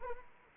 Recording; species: mosquito wingbeat signal from an infrared sensor; Anopheles arabiensis